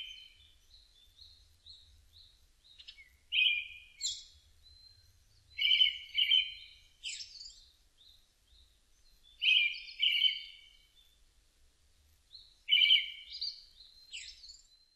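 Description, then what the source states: Brown-headed thrush singing several short phrases, each of a few clear whistled notes followed by a thin, higher flourish. Recorded 16 May 2005.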